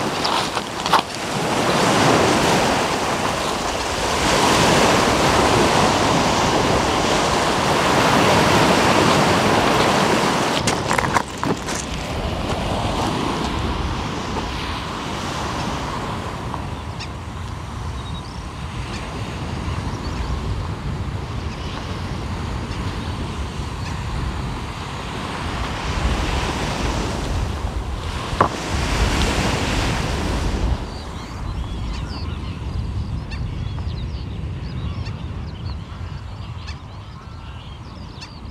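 Waves wash along the Omø coastline in a steady, dense roar, with louder surges around the first ten seconds and again near 26 and 29 seconds. Gusts of wind buffet throughout, and the sound thins slightly toward the end.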